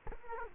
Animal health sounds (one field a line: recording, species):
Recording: mosquito wingbeat signal from an infrared sensor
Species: Culex quinquefasciatus